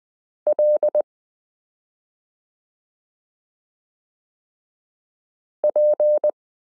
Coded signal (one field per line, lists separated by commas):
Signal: Morse code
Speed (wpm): 20 wpm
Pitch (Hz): 600 Hz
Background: none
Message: L P